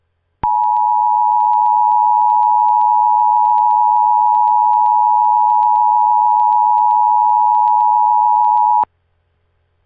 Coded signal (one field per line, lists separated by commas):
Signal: Emergency Alert System (SAME) tones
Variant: 853 and 960 Hz attention tone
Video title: EAS Mock: scares009 Corrupts EASyPLUS